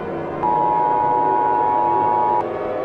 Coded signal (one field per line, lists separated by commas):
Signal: Emergency Alert System (SAME) tones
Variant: 853 and 960 Hz attention tone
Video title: EAS scenario: █ █ █ █ █ █